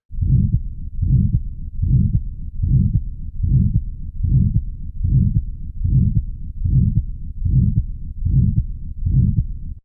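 Heart by stethoscope at about 75 beats per minute, regular rhythm. Aortic stenosis murmur: a midsystolic crescendo-decrescendo murmur, most intense at the base foci.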